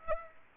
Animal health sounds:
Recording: mosquito wingbeat signal from an infrared sensor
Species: Aedes aegypti

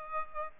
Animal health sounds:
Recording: mosquito wingbeat signal from an infrared sensor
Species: Aedes aegypti

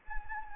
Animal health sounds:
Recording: mosquito wingbeat signal from an infrared sensor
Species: Anopheles gambiae

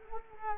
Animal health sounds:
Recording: mosquito wingbeat signal from an infrared sensor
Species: Culex quinquefasciatus

